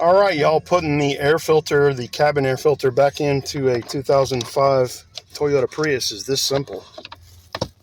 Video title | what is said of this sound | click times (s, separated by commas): AC Repair Under $10? - 2005 Toyota Prius | You just put that in. That snaps in place. That's it. | 7.6 s